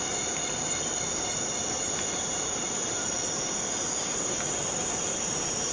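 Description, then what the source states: Cicada drone, a constant piercing hiss-like whine that holds throughout, with faint overlapping insect tones beneath. Borneo rainforest.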